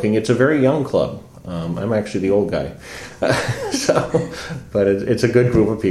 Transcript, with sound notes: It’s a very young club; I’m the old guy. [chuckles] But it’s a good group of people;